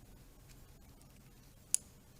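A metal crimp terminal is pushed into its cavity in a plastic connector housing, tab aligned to the slot, during a 2014-and-newer Road 6 Customs 13" bagger bars install. Faint ticks at 0.5 s and 1.0 s come before one sharp, bright click at 1.75 s as the terminal seats, and someone talks right after.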